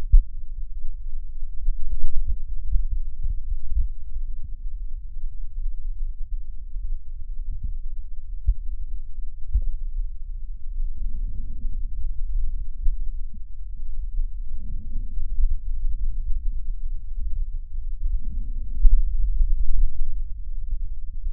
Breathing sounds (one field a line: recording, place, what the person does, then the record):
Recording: lung sounds by stethoscope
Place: left posterior basal chest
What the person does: quiet breathing, then deep breathing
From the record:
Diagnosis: COPD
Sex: female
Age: 68 years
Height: 150 cm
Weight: 70 kg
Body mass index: 31.1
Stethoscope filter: bell mode